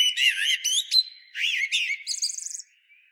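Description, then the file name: Common blackbird singing: rich, rising and falling whistled notes run into a fast, high twittering flourish, ending in near silence. "Turdus merula"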